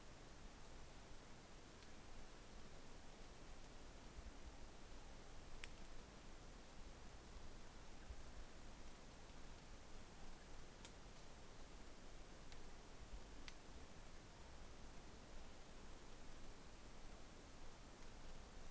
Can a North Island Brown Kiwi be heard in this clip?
no